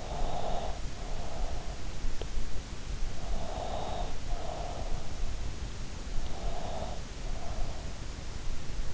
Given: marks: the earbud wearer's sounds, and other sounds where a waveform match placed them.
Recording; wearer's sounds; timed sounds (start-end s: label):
sounds in sleep by an in-ear microphone; breath
0.00-1.68 s: breath
3.09-4.87 s: breath
6.26-7.84 s: breath